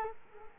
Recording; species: mosquito wingbeat signal from an infrared sensor; Culex quinquefasciatus